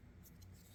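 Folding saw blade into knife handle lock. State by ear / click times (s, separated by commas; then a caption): not seated / none. The saw blade of a Guidesman Deerfield folding knife is handled as it swings open toward the handle lock, giving soft, low handling noise with faint brief rustles. Nothing has seated or clicked yet; the blade is not yet locked home.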